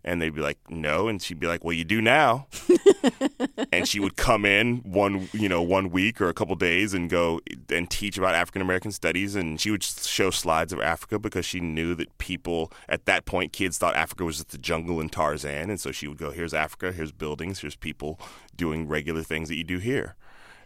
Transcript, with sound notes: And they'd be like, no. And she'd be like, well, you do now.
(LAUGHTER)
And she would come in one, you know, one week or a couple of days and go - and teach about African-Americans studies, and she would show slides of Africa because she knew that people at that point, kids thought Africa was just a jungle and Tarzan. And she would go here's Africa, here's buildings, here's people doing regular things that you do here.